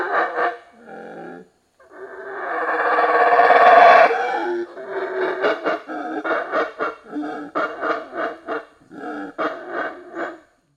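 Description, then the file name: Monkey calls opening with a few barks, rising into a sustained loud roar, then dropping into quick, evenly spaced gruff barks. Loud calling in forest. "felix blume animal monkey loud calling in forest"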